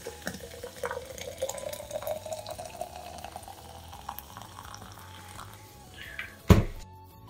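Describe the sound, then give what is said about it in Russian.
Hot water at about 80–86 °C is poured steadily over ivan-chai (fireweed) herbal tea, a continuous liquid stream with a rising pitch as the vessel fills, ending in a sharp clink just before it stops. “Ну и теперь вода. Вода должна быть не крутой кипяток, а вода должна быть где-то в районе 80-86 градусов.”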